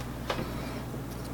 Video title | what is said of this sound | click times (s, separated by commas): #nintendo #repair Nintendo Switch Game Card Reader Replacement | same thing you're going to press down on it just align it press down on it with your finger and just feel for it to snap in place okay | 0.3 s